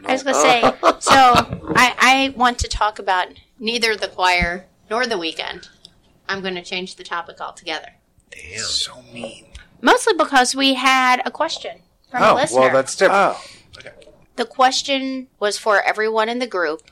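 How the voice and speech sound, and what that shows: Fluent, clear adult conversational speech at an ordinary rate from a group host, with brief interjections from other group members.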